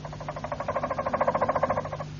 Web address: canarios cantoharz